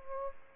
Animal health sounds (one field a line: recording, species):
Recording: mosquito wingbeat signal from an infrared sensor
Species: Aedes aegypti